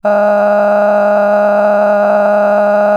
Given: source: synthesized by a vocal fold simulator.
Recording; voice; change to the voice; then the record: sustained vowel; female; cycle-to-cycle stiffness perturbation (roughness), level 7 of 10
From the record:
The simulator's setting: 4.56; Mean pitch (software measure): 206 Hz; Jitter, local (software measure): 2.10%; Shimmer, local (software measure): 15.3%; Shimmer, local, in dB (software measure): 1.35 dB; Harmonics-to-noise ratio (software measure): 13.3 dB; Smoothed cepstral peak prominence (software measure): 15.3 dB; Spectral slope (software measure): -21.9 dB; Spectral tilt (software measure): -11.7 dB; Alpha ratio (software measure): -12.4 dB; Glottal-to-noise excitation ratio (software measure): 0.949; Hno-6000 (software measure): 2.3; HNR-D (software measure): 32.8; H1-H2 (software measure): 4.9 dB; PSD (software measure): 9.0e-05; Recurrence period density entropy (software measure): 0.117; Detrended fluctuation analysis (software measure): 0.0283